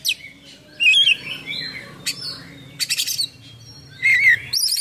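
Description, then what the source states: Oriental magpie-robin giving scattered whistled and buzzy phrases separated by short pauses. Full song with imitations, described as gacor (singing persistently) with full isian (mimicked filler songs).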